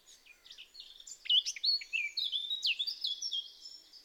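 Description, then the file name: Eurasian blackcap song, a quick jumble of scratchy and whistled notes with several brighter fluty slurs, delivered continuously. "Sylvia atricapilla"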